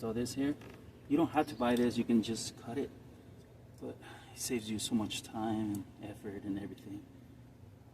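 A speaker wire adapter plug is handled next to the door speaker harness connector of a 2003 Lincoln Town Car during a Polk Audio 5x7 (DB571) speaker install, while someone talks. There are a few soft handling noises under the speech, and the connector has not seated or clicked yet.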